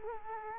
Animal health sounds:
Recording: mosquito wingbeat signal from an infrared sensor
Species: Culex quinquefasciatus

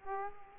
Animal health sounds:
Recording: mosquito wingbeat signal from an infrared sensor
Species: Aedes aegypti

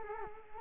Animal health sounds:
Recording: mosquito wingbeat signal from an infrared sensor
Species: Culex quinquefasciatus

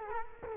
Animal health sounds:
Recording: mosquito wingbeat signal from an infrared sensor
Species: Culex quinquefasciatus

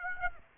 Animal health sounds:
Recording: mosquito wingbeat signal from an infrared sensor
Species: Aedes aegypti

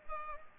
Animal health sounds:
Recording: mosquito wingbeat signal from an infrared sensor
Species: Culex pipiens

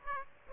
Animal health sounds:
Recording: mosquito wingbeat signal from an infrared sensor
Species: Aedes aegypti

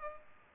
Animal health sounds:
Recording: mosquito wingbeat signal from an infrared sensor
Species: Culex pipiens

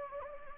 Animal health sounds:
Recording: mosquito wingbeat signal from an infrared sensor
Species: Anopheles gambiae

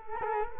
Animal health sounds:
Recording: mosquito wingbeat signal from an infrared sensor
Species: Culex quinquefasciatus

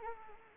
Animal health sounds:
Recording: mosquito wingbeat signal from an infrared sensor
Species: Anopheles arabiensis

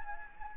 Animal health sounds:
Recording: mosquito wingbeat signal from an infrared sensor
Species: Anopheles gambiae

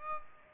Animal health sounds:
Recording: mosquito wingbeat signal from an infrared sensor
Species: Aedes aegypti

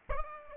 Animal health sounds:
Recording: mosquito wingbeat signal from an infrared sensor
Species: Aedes albopictus

